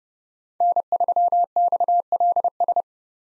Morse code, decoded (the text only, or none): N3XLS